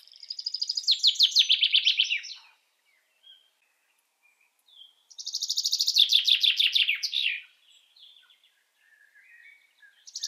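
Common chaffinch singing rapid trills that fall in pitch and end with a brief flourish, two full phrases and the start of a third.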